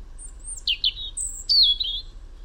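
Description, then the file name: European robin song: sliding high whistles that break into quick, wavering liquid notes, followed by a bright descending trill. "Erithacus rubecula"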